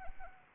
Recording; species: mosquito wingbeat signal from an infrared sensor; Anopheles arabiensis